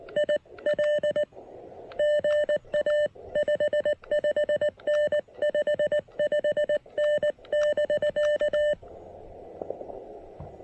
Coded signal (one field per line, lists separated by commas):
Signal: Morse code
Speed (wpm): 19 wpm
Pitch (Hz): 600 Hz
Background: none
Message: IL GA 55N 55N <BK>